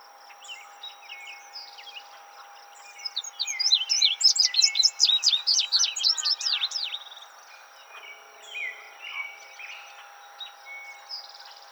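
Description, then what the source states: Indigo bunting song: a bright, fast string of high sweeping notes lasting about four seconds, then quieter scattered chirps and a steady hum. Recorded 26 June 2007.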